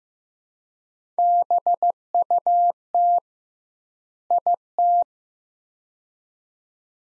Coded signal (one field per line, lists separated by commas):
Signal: Morse code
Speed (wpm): 15 wpm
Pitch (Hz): 700 Hz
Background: none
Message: BUT IT